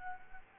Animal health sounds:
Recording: mosquito wingbeat signal from an infrared sensor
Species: Culex quinquefasciatus

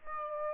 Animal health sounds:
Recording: mosquito wingbeat signal from an infrared sensor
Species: Aedes aegypti

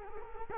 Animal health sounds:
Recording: mosquito wingbeat signal from an infrared sensor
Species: Culex quinquefasciatus

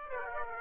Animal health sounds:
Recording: mosquito wingbeat signal from an infrared sensor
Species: Aedes aegypti

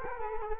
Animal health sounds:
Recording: mosquito wingbeat signal from an infrared sensor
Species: Culex quinquefasciatus

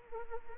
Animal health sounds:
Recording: mosquito wingbeat signal from an infrared sensor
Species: Anopheles arabiensis

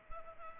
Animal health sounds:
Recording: mosquito wingbeat signal from an infrared sensor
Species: Culex pipiens

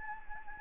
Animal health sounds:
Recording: mosquito wingbeat signal from an infrared sensor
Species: Anopheles gambiae

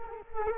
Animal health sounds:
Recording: mosquito wingbeat signal from an infrared sensor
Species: Culex quinquefasciatus

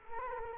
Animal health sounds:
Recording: mosquito wingbeat signal from an infrared sensor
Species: Culex quinquefasciatus

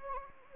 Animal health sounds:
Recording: mosquito wingbeat signal from an infrared sensor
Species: Anopheles gambiae

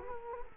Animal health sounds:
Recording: mosquito wingbeat signal from an infrared sensor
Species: Culex quinquefasciatus

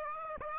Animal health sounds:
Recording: mosquito wingbeat signal from an infrared sensor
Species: Aedes aegypti

